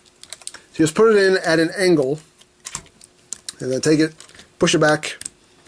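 A plastic toy piece is handled against a port on a Transformers Masterpiece StarSaber transforming robot figure, set in at an angle and then pushed back, with short sharp plastic taps and clicks while someone talks. Nothing has seated or locked into place yet when the clip ends.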